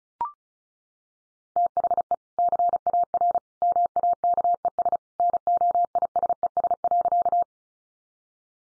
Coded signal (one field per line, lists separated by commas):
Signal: Morse code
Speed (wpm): 34 wpm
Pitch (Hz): 700 Hz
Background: none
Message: THE CAR MAKES NOISES.